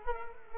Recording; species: mosquito wingbeat signal from an infrared sensor; Culex quinquefasciatus